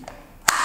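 A plastic insert is fitted onto the floor nozzle of a Kärcher WD 6 shop vacuum's floor tool, so the floor can be picked up and dried. A faint tap at 0.1 s is followed by a loud, sharp snap at 0.5 s as the part seats in place, with a steady broadband hiss continuing afterward.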